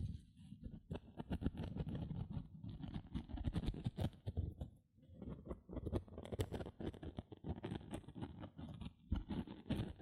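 Gentle scratching runs almost without pause, a dense patter of quick, soft strokes with a low rustling body and crisp ticks on top. The rhythm is busy and irregular, easing into a brief lull near the five-second mark and again just after nine seconds.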